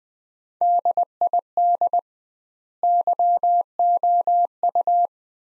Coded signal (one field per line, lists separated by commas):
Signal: Morse code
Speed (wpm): 20 wpm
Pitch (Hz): 700 Hz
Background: none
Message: DID YOU